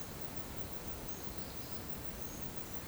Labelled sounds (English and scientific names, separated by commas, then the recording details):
none
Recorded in pastures near Puerto Asís, Putumayo, Colombia, on 12 March 2025 at 11:30
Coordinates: 0.472, -76.329
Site G074